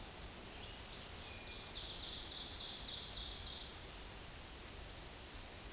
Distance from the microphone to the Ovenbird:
about 40 m